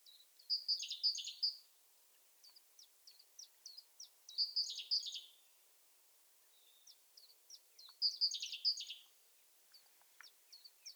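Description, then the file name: Great tit chattering: three bright, buzzy bursts spaced about four seconds apart, with soft, thin ticking notes filling the gaps. "Parus major"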